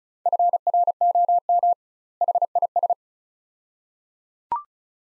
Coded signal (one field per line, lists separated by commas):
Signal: Morse code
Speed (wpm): 36 wpm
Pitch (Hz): 700 Hz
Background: none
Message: FROM HIS